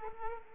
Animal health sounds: mosquito wingbeat signal from an infrared sensor; Culex quinquefasciatus

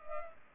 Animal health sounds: mosquito wingbeat signal from an infrared sensor; Culex pipiens

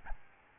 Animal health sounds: mosquito wingbeat signal from an infrared sensor; Aedes albopictus

